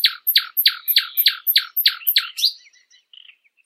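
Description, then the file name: Common nightingale song: loud, harsh repeated notes delivered rapidly, about nine in a row, then a soft twittering tail. "Nachtigall"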